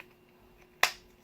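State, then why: Seated. A fixed-blade knife is pushed back into a kydex sheath. After quiet low background noise, a single sharp, bright retention click is heard at 0.8 s and fades quickly. The knife seats in the sheath.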